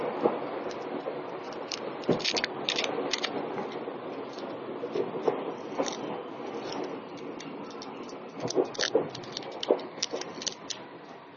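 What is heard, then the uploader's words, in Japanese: Ride aboard an Izukyu 8000 series train, with a steady low rumble and hum filling the whole recording. Sharp clicks and rattles break through irregularly, clustering around the two-second mark and again near nine to ten seconds, where the sound briefly grows louder. 伊豆急8000系 伊豆急下田〜伊東。伊豆急行線の全区間の録音です。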